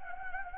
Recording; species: mosquito wingbeat signal from an infrared sensor; Anopheles gambiae